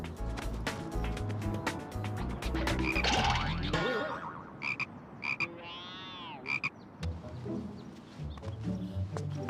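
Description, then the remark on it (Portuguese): A frog that is following people croaks repeatedly in short, throaty pulses, with one longer warbling croak that rises and falls in pitch, following a few seconds of dense, loud clatter. “temos um sapo a seguir-nos?”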